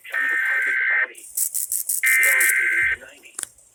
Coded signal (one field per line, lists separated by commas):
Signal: Emergency Alert System (SAME) tones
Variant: header bursts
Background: speech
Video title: A BREAK IN THE ACTION! NOAA Weather Radio EAS: Required Weekly Test (EAS #955-956)